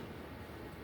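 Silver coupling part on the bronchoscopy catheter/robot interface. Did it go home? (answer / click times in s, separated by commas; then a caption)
no / none. During set-up for robotic bronchoscopy, the silver coupling part on the bronchoscopy catheter/robot interface is twisted off and put back on, but it fails to snap in, and the set-up is expected to fail. Only a steady, low broadband rumble is heard throughout the 0.9 seconds, with no sharp sounds. Nothing has seated or clicked yet.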